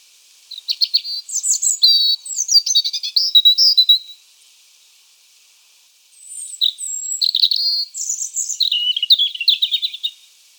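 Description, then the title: European robin song: two long phrases of thin, high warbling notes, tinkling trills and sharp whistles, separated by a short pause. "Sylvain Jaskowiak - Mes piafs. Rougegorge familier"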